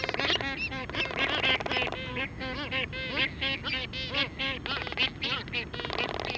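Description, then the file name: Black-footed albatross calls: quick nasal yelps and brays in a busy, continuous series. "Black footed Albatross Phoebastria nigripes"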